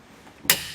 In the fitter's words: you'll hear a click. And that's just the built-in torque telling you that it's tight enough.